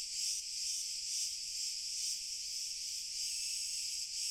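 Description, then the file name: Crickets chirring together in a high continuous trill, the loudness rising and falling in regular waves. Pure cricket chorus, slowly increasing in intensity. "Grillen Chor Pur Steigerung Langsam"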